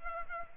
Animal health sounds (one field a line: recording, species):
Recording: mosquito wingbeat signal from an infrared sensor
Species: Culex pipiens